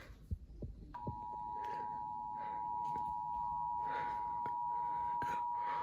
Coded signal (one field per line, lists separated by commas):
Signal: Emergency Alert System (SAME) tones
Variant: 853 and 960 Hz attention tone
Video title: Emergency Alert System!!!!!! (NOT FOR KIDS!!!!!)